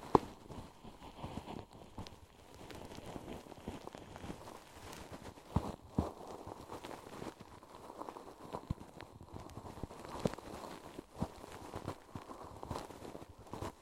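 Ear cleaning sounds: a dense stream of dry scratching, rubbing and crackling. Sharp little taps and pops land irregularly throughout, with slightly louder bursts near the middle and end, over a quiet, muffled background.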